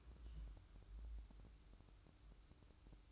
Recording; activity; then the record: daily activity, microphone in the room; take from stove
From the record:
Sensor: 2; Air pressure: 1008.0 hPa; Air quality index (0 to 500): 112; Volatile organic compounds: 1 ppm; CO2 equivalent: 833 ppm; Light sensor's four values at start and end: 6/15/6/6 and 6/15/6/6